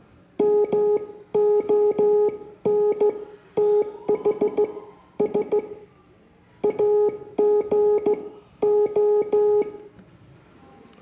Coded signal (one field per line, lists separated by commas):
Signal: Morse code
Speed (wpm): 16 wpm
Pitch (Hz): 420 Hz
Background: music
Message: MONTHS AGO